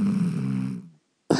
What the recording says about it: Guide dog. It's only 2 years old, and it's snoring like that. I think it might have sleep apnea.